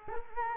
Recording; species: mosquito wingbeat signal from an infrared sensor; Culex quinquefasciatus